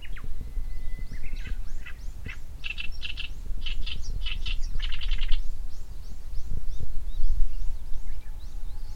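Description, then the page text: Black-browed reed warbler song: quick bursts of scratchy, chattering notes with harsh clicks, varied and hurried, over a steady low rumble, with a thin whistled tone near the start. Recorded near Daibosatsu Pass, Japan. "koyosikiri. 山平 平蔵"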